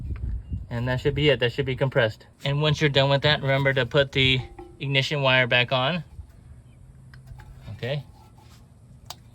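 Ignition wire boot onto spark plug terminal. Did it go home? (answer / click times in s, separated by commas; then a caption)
yes / 9.1 s. On a 1989–1995 Toyota Pickup 22RE, after the new spark plug is tightened, someone talks, then the ignition wire boot is pushed back onto the plug terminal. It snaps on with a small click at 9.1 s, seating the boot.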